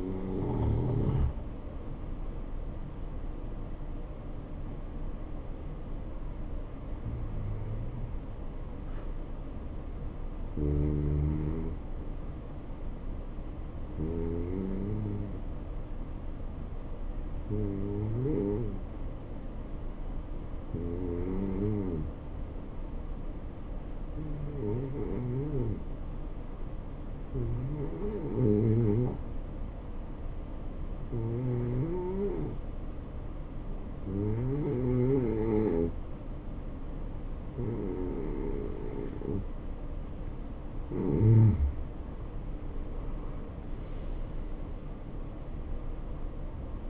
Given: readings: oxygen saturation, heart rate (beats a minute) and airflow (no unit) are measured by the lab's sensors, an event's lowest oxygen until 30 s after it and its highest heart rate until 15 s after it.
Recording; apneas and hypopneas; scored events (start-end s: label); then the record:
breathing in sleep by a smartphone at the bedside; 1
14.00-40.70 s: hypopnea (N2, oxygen 91% highest, then 85% lowest, heart rate 71 at the start, 74 highest)
From the record:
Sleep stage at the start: N2 (light sleep); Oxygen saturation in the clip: 88 to 91%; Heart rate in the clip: 67 to 74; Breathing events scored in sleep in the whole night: 277 in 7.4 hours asleep